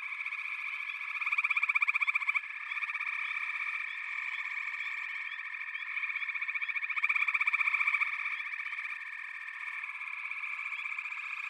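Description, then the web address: Frog chorus of overlapping fast pulsed trills, swelling louder in bursts around the second and seventh seconds before easing back. "The Natural Sounds of the Wilderness. Echoes of Nature - Frog Chorus"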